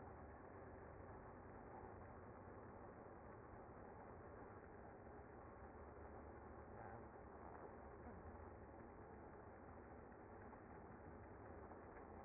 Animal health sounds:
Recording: honeybee colony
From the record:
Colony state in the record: active

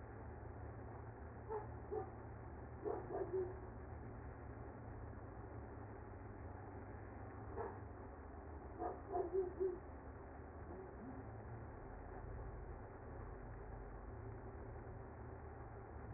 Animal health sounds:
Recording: honeybee colony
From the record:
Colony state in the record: active

